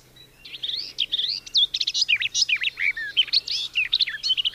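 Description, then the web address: Garden warbler song: a fast, unbroken flow of rich, mellow warbled phrases, mixing quick slurred notes and short rising and falling twitters without pause. "agykontroll Madardalok Cd 2. Kerti poszáta"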